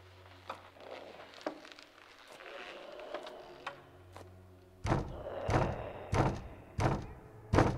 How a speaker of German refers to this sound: Das Grauen begehrt höflich klopfend Einlass.